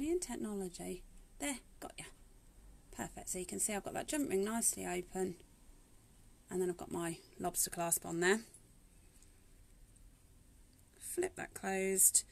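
Someone talks while handling an open metal jump ring with a lobster clasp placed on it, before the ring is flipped closed. A few faint, brief ticks occur in the quiet stretch between about 9 and 11 seconds. Nothing has clicked shut yet.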